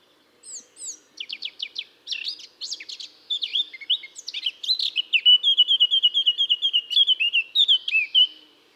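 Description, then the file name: Eurasian blackcap song: scratchy, varied twittering notes that run into a loud, fluty whistled phrase of quick repeated notes near the end. "Sylvia atricapilla"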